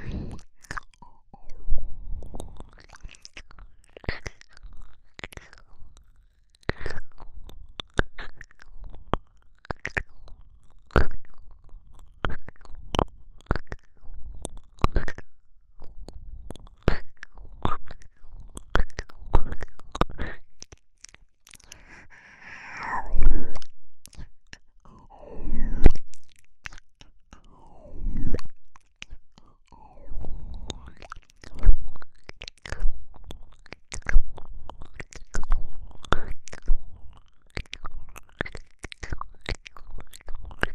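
Wet licking and sucking on an ice pop, with dense, rapid mouth clicks and smacks through the whole recording. Soft breathy exhalations rise between them, most clearly around 22 to 26 seconds.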